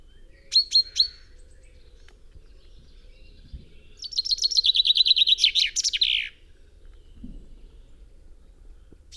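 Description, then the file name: Common chaffinch giving three sharp call notes, then a fast, cascading song of repeated notes that drops in pitch and finishes with a flourish, followed by quiet. "Fringilla coelebs"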